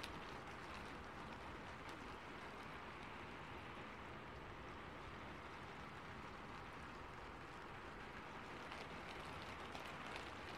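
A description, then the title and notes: Rain falls steadily on a rooftop, a dense, even patter with no pauses across the whole stretch. The sound is full, with a low rumbling wash underneath and brighter ticks of individual drops scattered on top, a few sharper near the end. Rain on a rooftop. I recorded the sound in the attic of my house .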